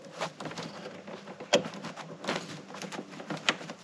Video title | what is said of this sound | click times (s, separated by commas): Evinrude ETEC Water Pressure Gauge Replacement Tutorial | now you probably didn't hear it but you want to make sure that connector clicks back in simple | 3.5 s